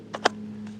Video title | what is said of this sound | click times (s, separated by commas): The Ultimate Camping Saw: Is This Battery-Powered Beast Worth It? | and now once it clicks this is fully operational | 0.3 s